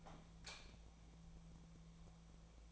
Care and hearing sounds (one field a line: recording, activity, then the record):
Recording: daily activity, microphone in the room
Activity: light off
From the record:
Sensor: 1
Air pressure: 1000.1 hPa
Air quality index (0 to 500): 130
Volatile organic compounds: 2 ppm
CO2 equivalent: 1228 ppm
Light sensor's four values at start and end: 27/75/30/35 and 24/60/25/30